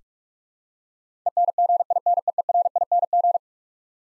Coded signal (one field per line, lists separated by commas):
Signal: Morse code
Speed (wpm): 46 wpm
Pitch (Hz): 700 Hz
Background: none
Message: ENGINEERING